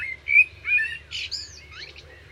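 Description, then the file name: Common blackbird song, a few mellow whistled notes ending in a thin, high squeaky twitter over a faint low hum. "Turdus merula"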